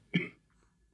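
A single deep, low-pitched cough burst from an adult, with a rough, phlegmy quality typical of a coarse wet cough. It sounds like the cough of someone who has smoked a lot and feels deep in the chest. There is no difficulty breathing.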